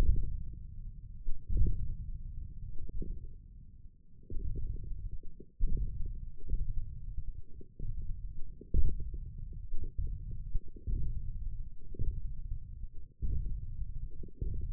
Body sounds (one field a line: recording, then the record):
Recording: forearm muscle sounds (acoustic myography)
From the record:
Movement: radial deviation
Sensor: system 1, eight BSWA MPA416 microphones around the upper forearm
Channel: 1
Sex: male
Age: 20 years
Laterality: left